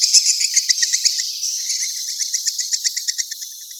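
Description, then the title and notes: Swiftlet chirps in a fast, high, pulsing series, about four notes a second. Asia; sound used in swiftlet farming to attract birds. "Swiflet Bird Sound. Farming Swiflet Bird asia sound"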